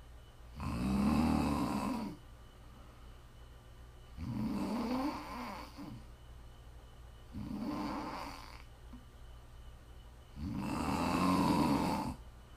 ASMR snoring.